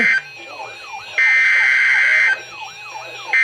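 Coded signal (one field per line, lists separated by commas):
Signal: Emergency Alert System (SAME) tones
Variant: header bursts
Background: speech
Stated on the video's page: Special marine warning and severe thunderstorm warning from NOAA weather radio station in Milwaukee, WI.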